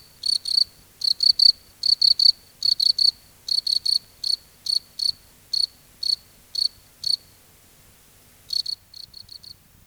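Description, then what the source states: Cricket giving shrill chirps, closely bunched at first, then spacing out into single evenly timed pulses, a brief pause, and a few fainter chirps at the end. Several crickets singing at night in a field.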